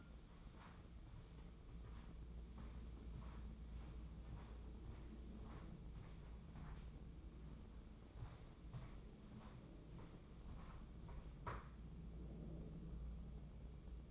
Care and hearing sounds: daily activity, microphone in the room; walk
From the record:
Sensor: 1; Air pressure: 996.0 hPa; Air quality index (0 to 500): 240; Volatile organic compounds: 1000 ppm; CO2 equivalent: 7003 ppm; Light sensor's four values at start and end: 36/88/38/46 and 36/89/38/46

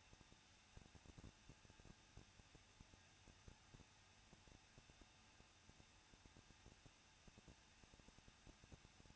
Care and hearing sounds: daily activity, microphone in the room; no activity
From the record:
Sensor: 2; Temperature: 21.0 degrees Celsius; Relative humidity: 37.4%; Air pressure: 1006.2 hPa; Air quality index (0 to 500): 222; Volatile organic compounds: 24 ppm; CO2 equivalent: 2816 ppm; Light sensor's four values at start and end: 2/3/2/2 and 2/3/2/2

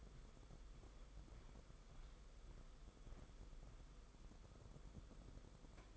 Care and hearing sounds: daily activity, microphone in the room; walk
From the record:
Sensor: 5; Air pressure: 990.8 hPa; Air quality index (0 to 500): 146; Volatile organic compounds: 138 ppm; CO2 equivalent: 3966 ppm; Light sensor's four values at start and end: 43/131/50/53 and 42/130/50/53

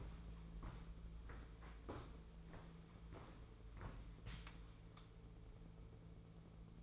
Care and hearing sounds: daily activity, microphone in the room; walk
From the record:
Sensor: 1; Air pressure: 1005.6 hPa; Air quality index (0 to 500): 127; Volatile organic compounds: 5 ppm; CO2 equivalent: 1787 ppm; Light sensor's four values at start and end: 11/27/11/12 and 11/27/11/12

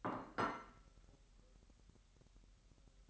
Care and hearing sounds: daily activity, microphone in the room; place plate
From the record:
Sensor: 3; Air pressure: 1002.0 hPa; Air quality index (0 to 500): 247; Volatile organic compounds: 51 ppm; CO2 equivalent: 3313 ppm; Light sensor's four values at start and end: 12/36/16/13 and 12/36/16/13

